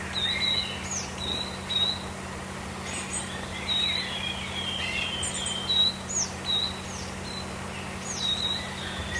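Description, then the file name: Coal tit song, a high two-note phrase repeated many times, over a steady low hum. "moskovka"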